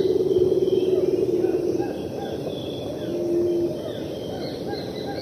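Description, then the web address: Rufous motmot rolling duet: a low, purring trill lasting about two seconds, then a brief low hooted roll, over a constant hiss of insects. Roll duet recorded in the eastern lowlands of South America. "Natures Songs S America Eastern Lowlands. Baryphthengus martii, roll duet"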